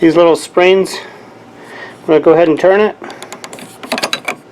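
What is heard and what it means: Someone talks while turning the handle knob on the raised handle of a Toro 60V Flex-Force cordless 21-inch mower to engage the locking pin into the handle bracket. A quick burst of ratchet-like clicks follows from about 3.9 to 4.3 s. The pin has not yet seated or clicked home.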